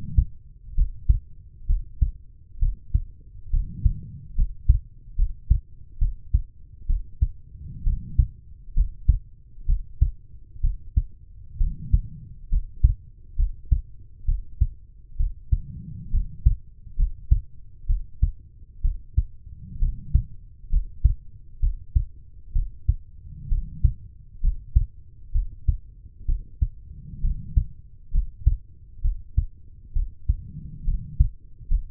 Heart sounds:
heart sounds by stethoscope; 66 bpm
0.75 s: heartbeat
1.67 s: heartbeat
2.59 s: heartbeat
3.50 s: heartbeat
4.35 s: heartbeat
5.16 s: heartbeat
5.99 s: heartbeat
6.86 s: heartbeat
7.84 s: heartbeat
8.74 s: heartbeat
9.66 s: heartbeat
10.61 s: heartbeat
11.58 s: heartbeat
12.49 s: heartbeat
13.36 s: heartbeat
14.25 s: heartbeat
15.17 s: heartbeat
16.11 s: heartbeat
16.96 s: heartbeat
17.86 s: heartbeat
18.81 s: heartbeat
19.79 s: heartbeat
20.70 s: heartbeat
21.60 s: heartbeat
22.52 s: heartbeat
23.48 s: heartbeat
24.41 s: heartbeat
25.32 s: heartbeat
26.25 s: heartbeat
27.21 s: heartbeat
28.11 s: heartbeat
29.01 s: heartbeat
29.93 s: heartbeat
30.84 s: heartbeat
31.68 s: heartbeat
From the record:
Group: healthy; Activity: rest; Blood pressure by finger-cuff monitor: 103/64 mmHg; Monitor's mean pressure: 75 mmHg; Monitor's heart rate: 65 bpm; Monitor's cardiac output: 5.3 L/min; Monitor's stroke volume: 82 mL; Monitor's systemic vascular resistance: 1020 dyn s/cm5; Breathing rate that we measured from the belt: 16 breaths a minute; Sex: female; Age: 23 years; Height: 160 cm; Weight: 50.4 kg

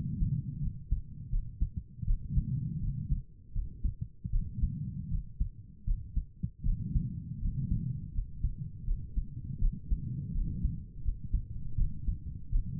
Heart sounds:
heart sounds by stethoscope; 81 bpm
0.61 s: heartbeat
1.31 s: heartbeat
2.06 s: heartbeat
2.81 s: heartbeat
3.54 s: heartbeat
4.32 s: heartbeat
5.10 s: heartbeat
5.86 s: heartbeat
6.64 s: heartbeat
7.41 s: heartbeat
8.13 s: heartbeat
8.86 s: heartbeat
9.60 s: heartbeat
10.33 s: heartbeat
11.03 s: heartbeat
11.77 s: heartbeat
12.51 s: heartbeat
From the record:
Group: healthy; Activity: rest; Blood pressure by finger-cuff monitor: 89/59 mmHg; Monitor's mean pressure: 67 mmHg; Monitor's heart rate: 81 bpm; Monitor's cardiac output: 6.1 L/min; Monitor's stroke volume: 76 mL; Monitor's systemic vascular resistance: 780 dyn s/cm5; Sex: female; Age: 22 years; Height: 163 cm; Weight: 67.1 kg

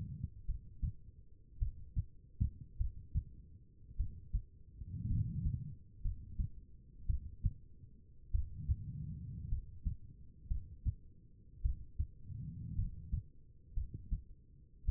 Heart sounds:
heart sounds by stethoscope; 54 bpm
0.46 s: heartbeat
1.59 s: heartbeat
2.78 s: heartbeat
3.97 s: heartbeat
5.08 s: heartbeat
6.02 s: heartbeat
7.07 s: heartbeat
8.32 s: heartbeat
9.49 s: heartbeat
10.48 s: heartbeat
11.62 s: heartbeat
12.76 s: heartbeat
13.74 s: heartbeat
14.85 s: heartbeat
From the record:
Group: healthy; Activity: rest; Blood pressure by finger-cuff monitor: 91/61 mmHg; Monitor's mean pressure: 70 mmHg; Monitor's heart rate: 54 bpm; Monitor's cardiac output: 4.1 L/min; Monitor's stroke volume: 78 mL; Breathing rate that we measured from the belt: 16 breaths a minute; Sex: female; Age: 36 years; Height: 163 cm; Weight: 88 kg

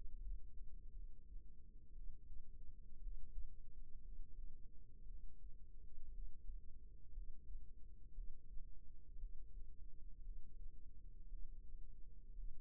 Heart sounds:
heart sounds by microphone in the right ear; 58 bpm
0.90 s: heartbeat
1.91 s: heartbeat
2.98 s: heartbeat
3.99 s: heartbeat
5.03 s: heartbeat
6.09 s: heartbeat
7.11 s: heartbeat
8.11 s: heartbeat
9.16 s: heartbeat
10.20 s: heartbeat
11.26 s: heartbeat
12.31 s: heartbeat
From the record:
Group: healthy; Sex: female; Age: 37 years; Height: 168 cm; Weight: 70 kg

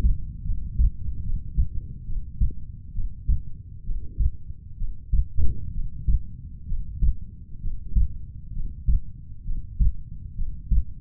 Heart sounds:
heart sounds by stethoscope; 67 bpm
0.44 s: heartbeat
1.23 s: heartbeat
2.06 s: heartbeat
2.93 s: heartbeat
3.84 s: heartbeat
4.77 s: heartbeat
5.72 s: heartbeat
6.67 s: heartbeat
7.60 s: heartbeat
8.53 s: heartbeat
9.44 s: heartbeat
10.35 s: heartbeat
From the record:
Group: healthy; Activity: breath hold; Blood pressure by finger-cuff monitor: 99/62 mmHg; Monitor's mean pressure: 79 mmHg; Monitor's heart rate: 65 bpm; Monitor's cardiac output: 6.5 L/min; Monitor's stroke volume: 97 mL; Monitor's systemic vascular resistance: 890 dyn s/cm5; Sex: female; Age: 22 years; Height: 160 cm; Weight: 45 kg

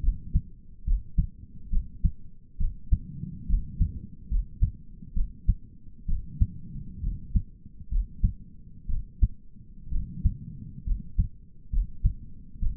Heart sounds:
heart sounds by stethoscope; 67 bpm
0.03 s: heartbeat
0.87 s: heartbeat
1.72 s: heartbeat
2.60 s: heartbeat
3.49 s: heartbeat
4.31 s: heartbeat
5.16 s: heartbeat
6.08 s: heartbeat
7.03 s: heartbeat
7.91 s: heartbeat
8.89 s: heartbeat
9.92 s: heartbeat
10.86 s: heartbeat
11.72 s: heartbeat
12.62 s: heartbeat
From the record:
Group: healthy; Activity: cold pressor test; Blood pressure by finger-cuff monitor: 109/66 mmHg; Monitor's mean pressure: 81 mmHg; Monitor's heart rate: 68 bpm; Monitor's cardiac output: 6.1 L/min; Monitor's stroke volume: 92 mL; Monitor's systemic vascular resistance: 970 dyn s/cm5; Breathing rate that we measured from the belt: 17 breaths a minute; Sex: male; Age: 22 years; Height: 181 cm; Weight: 79 kg

